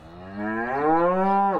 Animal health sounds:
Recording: contact call of a hoofed animal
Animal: cattle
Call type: low-frequency (closed-mouth) or high-frequency (open-mouth) call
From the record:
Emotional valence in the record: negative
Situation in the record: full separation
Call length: 1.60 s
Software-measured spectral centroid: 950 Hz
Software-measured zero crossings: 1460 a second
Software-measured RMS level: -23 dBFS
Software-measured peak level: -9 dBFS

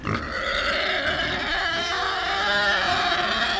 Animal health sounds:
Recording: contact call of a hoofed animal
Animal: wild boar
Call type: grunt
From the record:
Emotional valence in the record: negative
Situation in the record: naturally occurring agonistic interactions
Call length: 3.7 s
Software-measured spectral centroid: 3020 Hz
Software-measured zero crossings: 3960 a second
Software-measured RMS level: -24 dBFS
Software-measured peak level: -10 dBFS

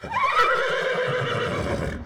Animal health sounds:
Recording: contact call of a hoofed animal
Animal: horse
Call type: whinny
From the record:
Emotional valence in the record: positive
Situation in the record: reunion with the whole group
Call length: 2.1 s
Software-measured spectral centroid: 1960 Hz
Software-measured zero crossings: 2180 a second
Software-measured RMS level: -24 dBFS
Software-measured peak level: -10 dBFS

